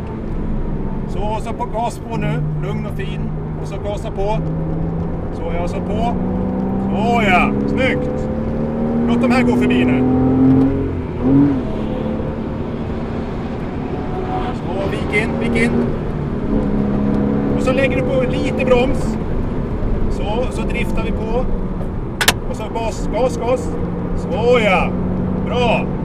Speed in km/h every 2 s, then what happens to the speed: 69, 70, 80, 97, 114, 123, 128, 132, 139, 143, 127, 112, 124.
2-17 speeds up to 143. 17-21 brakes to 112.